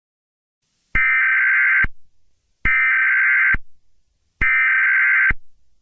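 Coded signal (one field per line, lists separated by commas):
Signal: Emergency Alert System (SAME) tones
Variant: header bursts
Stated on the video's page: Fictional emergency alert scenario, a work of fiction rather than a real broadcast.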